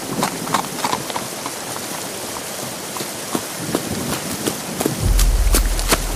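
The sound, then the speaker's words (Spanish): Tired horses' hooves clip-clop in an uneven rhythm over a steady hiss of a heavy downpour that has just begun, and a deep rumble swells in the last second. No one speaks. “Prudencio, los caballos están cansados y los muchachos también.”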